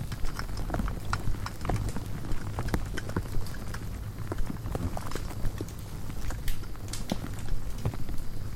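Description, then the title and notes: Insects keep up a continuous crackle of small ticks and taps above a steady low drone. Hundreds of insects frantically congregating at night around a lone porch bulb, wildlife ranch in Mmabolela savannah, South Africa, November 2016; mix of six mics including miniature omnis; Zoom F8 recorder. "One Lightbulb. Hundreds of bugs are frantically congregating around the sole light source present at night, a bulb hanging on the porch of a wildlife ranch in South Africa. Angélica Castelló"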